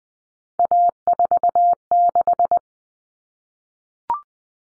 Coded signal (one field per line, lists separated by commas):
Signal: Morse code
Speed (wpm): 20 wpm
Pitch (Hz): 700 Hz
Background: none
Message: A46